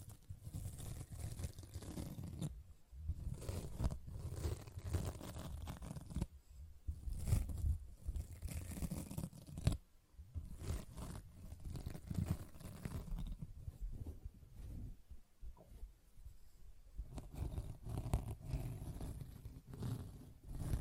Sponge Sounds - Scratching, Squishing, Brushing, Cutting